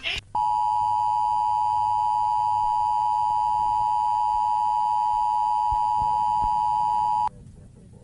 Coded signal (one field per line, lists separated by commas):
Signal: Emergency Alert System (SAME) tones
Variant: 853 and 960 Hz attention tone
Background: speech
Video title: wario die EAS well watching happy meal commercial